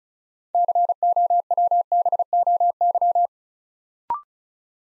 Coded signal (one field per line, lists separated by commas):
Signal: Morse code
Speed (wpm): 36 wpm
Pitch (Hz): 700 Hz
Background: none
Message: COWBOY